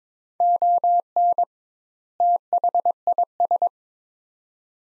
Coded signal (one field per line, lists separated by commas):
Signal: Morse code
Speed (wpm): 22 wpm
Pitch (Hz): 700 Hz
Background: none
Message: ON THIS